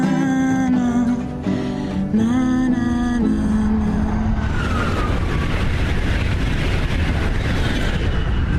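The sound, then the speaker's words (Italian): A melodic passage with held, stepping tones gives way midway to the steady, loud rumble of a moving Italian passenger train, with a faint whine sliding upward over the clatter. “Devo dire che conforta viaggiare nei treni italiani, perché molte persone leggono anche libri.”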